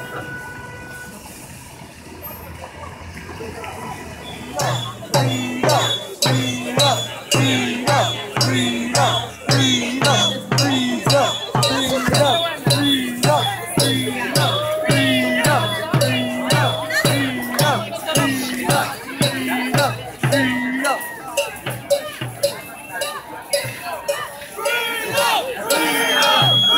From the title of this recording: Truckers and Protesters take to the streets of downtown Toronto